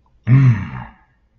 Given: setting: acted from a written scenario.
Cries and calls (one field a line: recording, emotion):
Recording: vocal sound without words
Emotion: anger